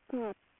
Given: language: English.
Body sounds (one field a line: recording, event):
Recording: throat vibration sensor signal played as sound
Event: speech